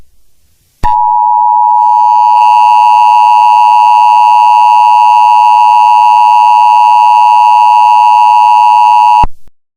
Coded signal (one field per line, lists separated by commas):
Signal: Emergency Alert System (SAME) tones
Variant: 853 and 960 Hz attention tone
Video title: EAS Scenario 4 PT 1- Godzilla's Terror